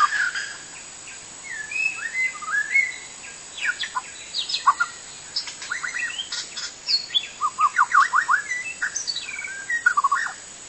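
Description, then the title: White-rumped shama song: a long varied sequence of whistles, sharp chips and fast note runs. Wild forest bird; song described as kicau. "Kicau burung murai batu hutan"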